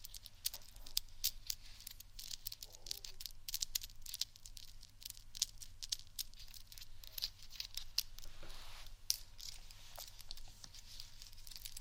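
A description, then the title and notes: Scratching and tapping on textured items, a dense run of quick, crisp clicks and rasps that continues without a break. The scratches are bright and papery, with sharper taps standing out near 1, 5.5 and 9 seconds. A soft low hum sits underneath throughout. Scratch & Tap On Textured Items & Beat.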